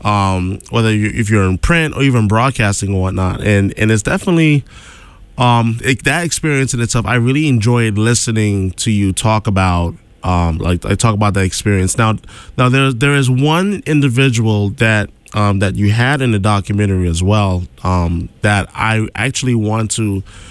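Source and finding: Adult male. Typical speech.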